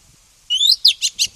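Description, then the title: Oriental magpie-robin song: after half a second of quiet, a rising whistled slur followed by four quick, high, buzzy notes in even succession. Black form (kacer hitam). "KACER HITAM"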